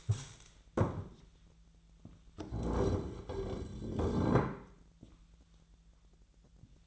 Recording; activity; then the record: daily activity, microphone in the room; stand up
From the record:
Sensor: 3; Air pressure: 1001.6 hPa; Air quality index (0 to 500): 247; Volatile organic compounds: 139 ppm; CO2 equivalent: 3974 ppm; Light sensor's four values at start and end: 12/28/12/12 and 10/23/10/10